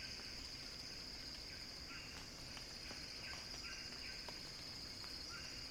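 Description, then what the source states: Cicada song, an unbroken high-pitched drone, accompanied by short soft chirps and faint scattered ticks. Cicada song building as a crescendo.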